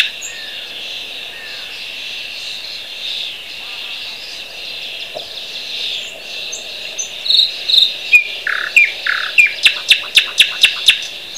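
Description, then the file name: Thrush nightingale song: quiet whistled notes building into a loud series of hard, repeated clicks near the end, against a continuous cricket-like drone. Recorded at Bergen. "Sprosser Bergen"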